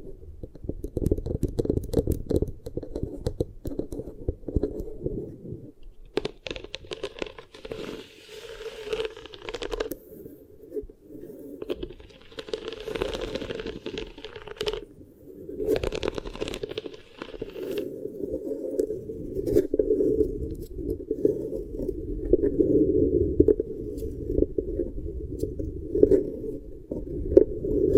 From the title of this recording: Beeswax Ear Triggers